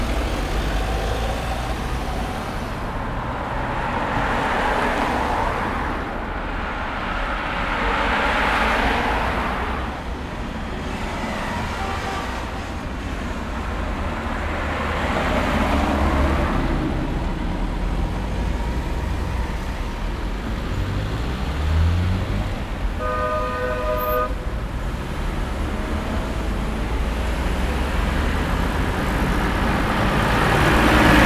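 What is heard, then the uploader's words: Light city traffic rolls past in a steady wash, with cars swelling and fading every few seconds around 3, 8 and 16 seconds. A low engine rumble runs underneath throughout, and near 23 seconds a brief tonal whine or horn-like sound cuts through. Light City Traffic in the Summertime.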